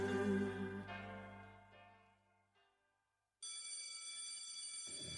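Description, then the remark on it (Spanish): A school bell sequence over the school playground: a resonant gong fades away over a few seconds, and after a brief silence a loud, bright electric bell rings steadily. No voices are heard. “Bueno, pues nada, estamos ya en clase, con el gong, con la campanilla que tensiona a todo el patio escolar.”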